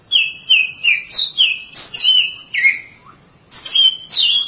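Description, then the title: Oriental magpie-robin song: loud, varied whistled phrases, some flat and some sliding down, delivered in quick bursts with a brief pause before a final rapid sequence. Long-duration song. "Kacer Durasi Panjang"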